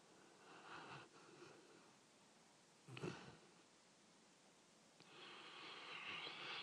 Dog snoring.